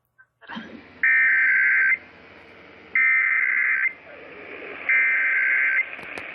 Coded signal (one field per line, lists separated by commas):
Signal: Emergency Alert System (SAME) tones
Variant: header bursts